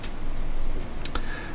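The plastic gunner chair of a vintage original Star Wars Millennium Falcon toy spaceship is pushed back into the hull, its small mushroom peg going in. Two short, sharp clicks ring out at about 1.1 and 1.2 seconds over a low background hiss. The chair snaps and seats into place.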